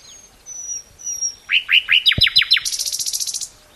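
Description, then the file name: Common nightingale song: soft drawn-out whistles, then a fast series of loud sweeping notes falling into a rapid buzzy trill, with one sharp click. "Luscinia megarhynchos"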